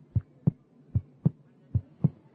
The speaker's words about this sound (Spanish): del proyecto La Bicicleta, en donde son sonidos de la memoria de conflicto armado, mientras él iba andando en bicicleta y pues iba capturando el sonido de su latido del corazón. Eso es lo que estamos oyendo.